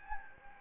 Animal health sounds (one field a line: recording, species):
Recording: mosquito wingbeat signal from an infrared sensor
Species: Anopheles gambiae